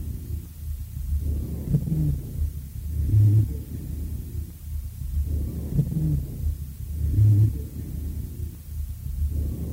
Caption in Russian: По мере разрешения приступа увеличивается количество выделяемой с кашлем мокроты, которая начинает смещаться из мелких бронхов в более крупные. Благодаря этому на фоне жесткого дыхания и уменьшающегося количества сухих свистящих хрипов над легкими начинают выслушиваться сухие басовые, гудящие или жужжащие хрипы. Прослушайте запись, сделанную у той же пациентки в период разрешения приступа удушья.